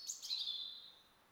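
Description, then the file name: European robin song: a brief, high, thin warbled phrase trailing into a drawn-out falling note. "Erithacus rubecula"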